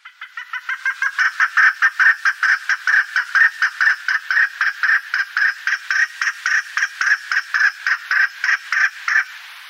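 Chukar giving a long rapid run of harsh chuck notes, building over the first second or so, then steady and loud for the rest of nearly ten seconds.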